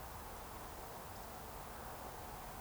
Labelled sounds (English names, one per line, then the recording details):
Eurasian Woodcock whistle
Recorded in Baden-Württemberg, Germany, on 13 June 2020 at 20:14 UTC
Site 43791, 788 m above sea level